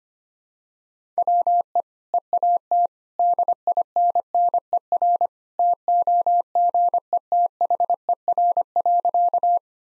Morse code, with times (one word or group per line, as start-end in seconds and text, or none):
1.2-1.8 WE
2.1-2.9 EAT
3.2-5.3 DINNER
5.6-9.6 TOGETHER.